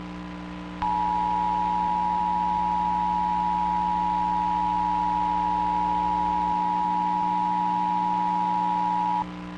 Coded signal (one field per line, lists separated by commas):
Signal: Emergency Alert System (SAME) tones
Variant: 853 and 960 Hz attention tone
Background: music